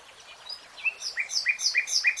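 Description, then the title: Nightingale singing a series of repeated upslurred whistled notes, building in loudness. Nightingale singing in real time. "[Tiếng chim hót] Nightingale Singing"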